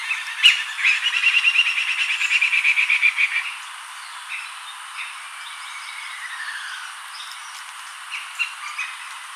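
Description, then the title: Rufous-fronted laughingthrush calls: a rapid chattering run of high notes for a few seconds, then scattered softer chirps and a drawn-out descending note over steady background hiss. "Rufous-fronted Laughingthrush (Garrulax rufifrons)"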